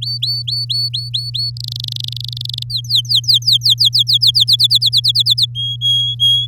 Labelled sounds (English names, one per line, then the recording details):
Domestic Canary song
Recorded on 9 May 2018 at 06:09
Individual llb16